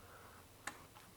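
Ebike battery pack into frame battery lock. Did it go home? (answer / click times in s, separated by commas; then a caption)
yes / 0.7 s. The removable 48-volt, 18 amp-hour battery of a Hiboy EX7 1000-watt-peak full-suspension ebike is put back into the frame and locked in place with the key so it cannot be removed. Against a quiet background, a single sharp tick is heard at 0.7 s as the battery lock seats, followed by a much fainter tick shortly after.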